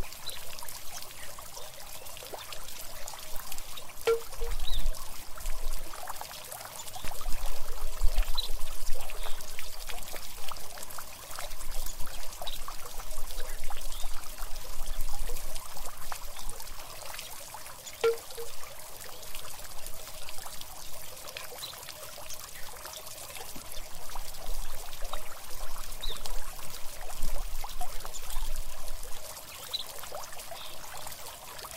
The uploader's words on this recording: Relaxing zen garden ambience.